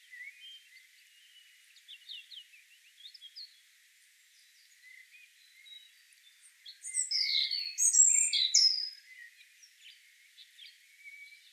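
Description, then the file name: European robin song: soft scattered high twitters, then a louder burst of varied liquid warbles and sharp whistles, fading back to faint notes. "Erithacus rubecula"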